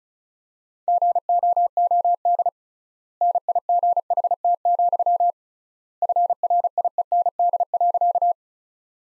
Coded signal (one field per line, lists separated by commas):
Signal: Morse code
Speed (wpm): 34 wpm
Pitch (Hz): 700 Hz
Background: none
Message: GOOD NIGHT, FRIEND.